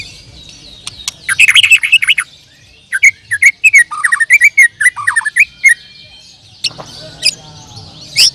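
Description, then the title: Bird song of rapid high chirps and short downward-sweeping notes in quick bursts, with pauses between phrases and a faint low hum beneath. "Kicau Burung"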